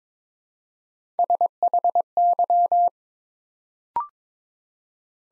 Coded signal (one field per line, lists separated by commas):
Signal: Morse code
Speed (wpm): 22 wpm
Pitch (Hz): 700 Hz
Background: none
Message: SHY